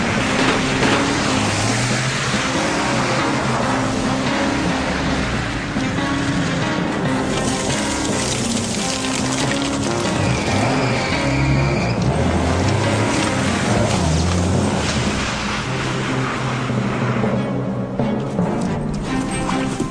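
A car engine roars steadily through a chase, its deep drone rising and falling as it revs, with a constant loud rush of road and wind noise throughout.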